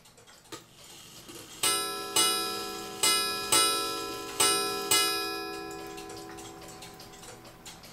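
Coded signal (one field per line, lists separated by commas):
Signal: ship's bell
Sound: six ringing bell strikes in three pairs, each note decaying slowly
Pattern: 2-2-2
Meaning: Six bells marks the third hour of a four-hour watch (3, 7 or 11 o'clock)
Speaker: here's where you'd turn the Bells on or off and we can turn this and the bells work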